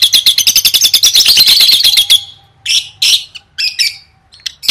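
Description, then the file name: Lovebird calls: a fast run of many clipped high notes, then a few harsh squawks with gaps between. "tieng vet mau don"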